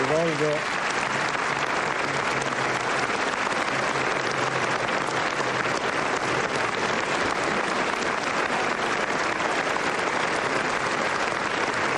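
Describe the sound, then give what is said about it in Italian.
Sustained, dense applause from a large audience giving a standing ovation to Italian President of the Republic Mattarella, loud and steady for the whole stretch, with a brief bit of voice audible at the very start. “L'applauso impedisce al Presidente della Repubblica di cominciare il suo discorso, invita i presenti a accomodarsi.”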